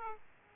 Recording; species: mosquito wingbeat signal from an infrared sensor; Aedes aegypti